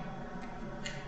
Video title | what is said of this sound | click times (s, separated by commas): Turma 21/Cdd 03 - Aula 03/03/2022 | é que ele faz o clique? Ó. | 0.9 s